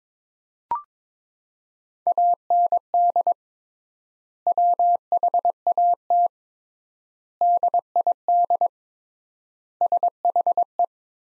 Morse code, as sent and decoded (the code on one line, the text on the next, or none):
.- -. -.. / .-- .... .- - / -.. .. -.. / ... .... .
AND WHAT DID SHE